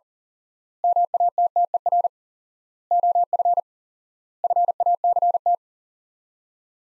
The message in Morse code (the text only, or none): MATTER OF FACT